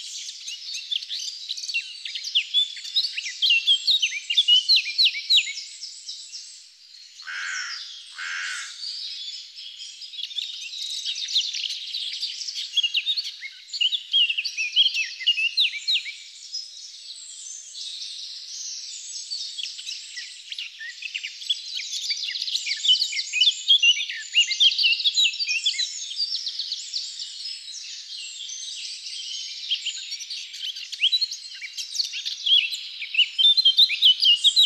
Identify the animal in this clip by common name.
Eurasian Blackcap